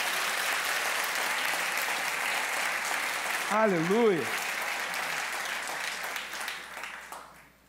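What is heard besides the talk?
audience applauding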